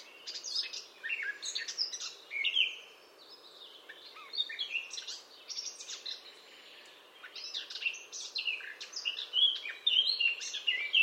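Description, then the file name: Eurasian blackcap: songbird warbling in repeated bursts of scratchy, varied notes, with a few clearer whistled notes near the finish. "Sylvia atricapilla"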